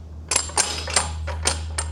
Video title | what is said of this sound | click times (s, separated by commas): AWP-30S with Straddle Base | and it's going to click in place. Give it a tug to make sure it's secure. It is locked into place | 0.3 s